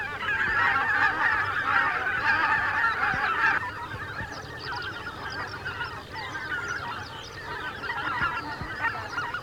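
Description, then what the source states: Greater white-fronted goose: greater white-fronted geese honking in a dense chorus that thins after a few seconds into scattered overlapping calls. Flocks of thousands of geese flying over a river island, making a great din.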